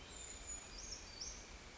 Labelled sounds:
Brown Creeper
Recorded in Sonoma County, California

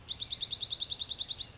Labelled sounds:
Dark-eyed Junco
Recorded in Sonoma County, California

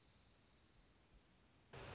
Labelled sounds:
Dark-eyed Junco
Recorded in Sonoma County, California

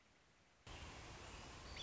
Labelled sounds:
American Robin
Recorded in Sonoma County, California

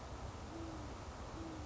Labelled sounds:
Great Horned Owl
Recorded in Sonoma County, California

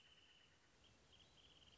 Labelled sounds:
Wrentit
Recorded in Sonoma County, California

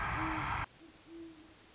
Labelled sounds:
Great Horned Owl
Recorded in Sonoma County, California

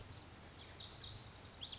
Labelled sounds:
Lazuli Bunting
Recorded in Sonoma County, California

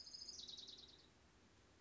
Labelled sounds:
Chestnut-backed Chickadee
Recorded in Sonoma County, California

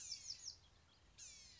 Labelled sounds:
Bewick's Wren
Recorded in Sonoma County, California

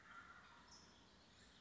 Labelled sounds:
California Towhee
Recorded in Sonoma County, California

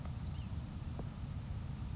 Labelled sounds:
Grasshopper Sparrow
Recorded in Sonoma County, California

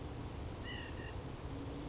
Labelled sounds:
White-breasted Nuthatch
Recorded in Sonoma County, California

